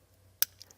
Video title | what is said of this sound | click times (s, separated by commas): etrailer - Redarc Tow-Pro Liberty Brake Controller Installation Guide - 2024 Subaru Ascent | Just kind of push down and you'll hear it click. | 0.4 s